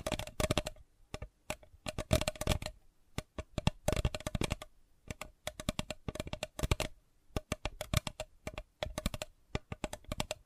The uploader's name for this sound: Sensitive Tapping